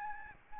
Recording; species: mosquito wingbeat signal from an infrared sensor; Aedes albopictus